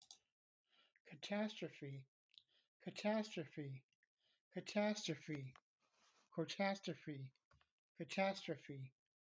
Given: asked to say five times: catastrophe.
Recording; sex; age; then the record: repeated word; male; 60 to 69 years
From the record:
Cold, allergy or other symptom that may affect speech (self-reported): no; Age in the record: 60 years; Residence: Pennsylvania, United States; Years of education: 12